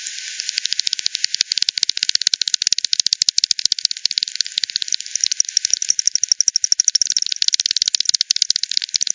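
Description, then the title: Bat echolocation calls, lowered in pitch, heard as a fast dense stream of dry clicks and ticks that overlap from several callers throughout, with a faint hiss underneath. Multiple bats at Hogsmill River, Hogsmill Lane, 7 October 2020, 18:10 UTC; frequency-divided by ten, band-pass filtered and resampled. "WW bat 20201007 T 18 : 10 Z-Hogsmill-Lane-Hogsmill-River-multiple-bats"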